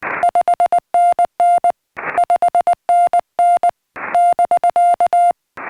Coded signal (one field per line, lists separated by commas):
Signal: Morse code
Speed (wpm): 19 wpm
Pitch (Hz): 690 Hz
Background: music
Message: 5NN 5NN <BK>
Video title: How to Choose Your SOTA Pack